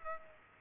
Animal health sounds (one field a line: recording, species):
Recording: mosquito wingbeat signal from an infrared sensor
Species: Aedes aegypti